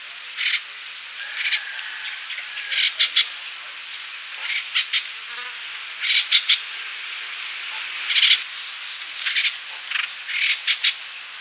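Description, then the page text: Streak-eared bulbul calls: rasping, chattery notes, often doubled or tripled, repeated irregularly over constant background hiss. "Streak-Eared Bulbul Calls. Quick Sounds"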